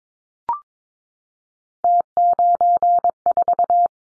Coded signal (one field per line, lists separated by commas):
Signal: Morse code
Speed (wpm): 22 wpm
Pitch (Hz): 700 Hz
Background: none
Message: T94